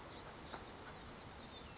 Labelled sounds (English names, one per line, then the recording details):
Blue-gray Gnatcatcher
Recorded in Sonoma County, California